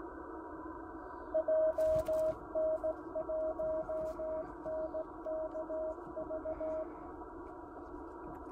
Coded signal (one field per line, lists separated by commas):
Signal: Morse code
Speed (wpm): 18 wpm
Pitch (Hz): 630 Hz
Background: radio noise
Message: JN1NKV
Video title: アマチュア無線 POTA 初日 JA0110蔵王国定公園 2日目 JA0202 みちのく湖畔公園